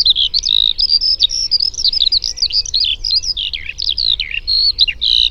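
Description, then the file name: Skylark singing a bright, continuous run of whistled notes and quick twittering phrases, high and unbroken throughout. "alauda arvensis"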